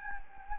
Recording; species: mosquito wingbeat signal from an infrared sensor; Anopheles gambiae